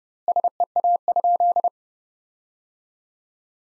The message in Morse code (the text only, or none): SEA?